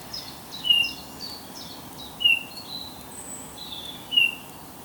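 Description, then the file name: Eurasian bullfinch piping three soft, clear whistled notes, with quiet high-pitched twitters from other birds behind. "Pyrrhula pyrrhula"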